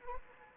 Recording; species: mosquito wingbeat signal from an infrared sensor; Anopheles arabiensis